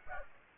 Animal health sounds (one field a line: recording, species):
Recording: mosquito wingbeat signal from an infrared sensor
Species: Aedes aegypti